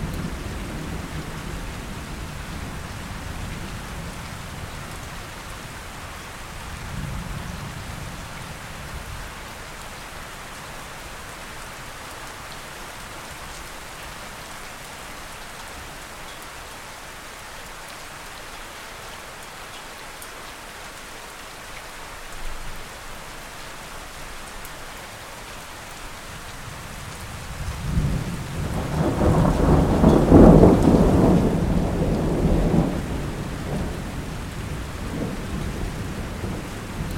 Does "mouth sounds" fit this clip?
no